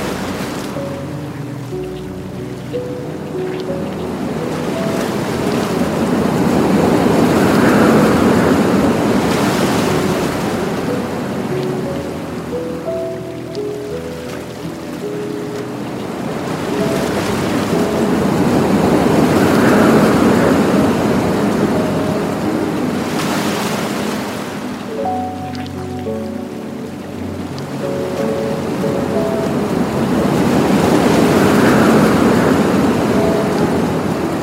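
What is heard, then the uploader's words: Ocean waves swell and wash in slow cycles, cresting about every twelve seconds around 8, 20 and 32 seconds, with a steady hiss between them. Soft, sparse piano notes drift above the surf, and a faint low hum sits underneath throughout. Calming ocean waves, relaxing piano tunes, and transformative solfeggio frequencies.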